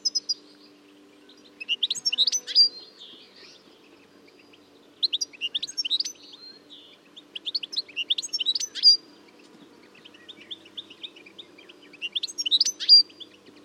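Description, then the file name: European goldfinch twittering: rapid liquid, tinkling phrases in several bursts separated by pauses, over a faint low hum. "Carduelis carduelis"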